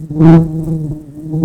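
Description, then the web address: Red-tailed bumblebee giving a low, steady droning buzz that swells louder at the start and again at the end. Workers. "Lapidarius workers"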